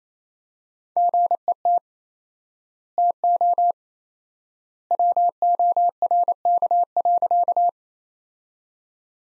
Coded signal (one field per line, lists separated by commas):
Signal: Morse code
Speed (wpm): 28 wpm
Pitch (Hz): 700 Hz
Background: none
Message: GET TO WORK.